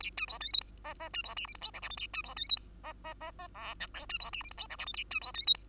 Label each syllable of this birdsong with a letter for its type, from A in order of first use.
A B C D E F G G B C H I J K L M N A B C D E F G G G G O P Q B C H I J K L M N A B C D E F